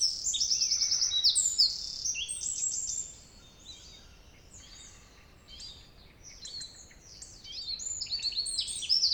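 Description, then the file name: Eurasian wren singing a loud, high, fast trilled phrase that fades after three seconds into softer scattered high notes, swelling again near the end. "Troglodytes troglodytes"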